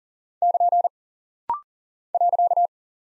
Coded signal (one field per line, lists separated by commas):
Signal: Morse code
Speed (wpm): 40 wpm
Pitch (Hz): 700 Hz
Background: none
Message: <KN> .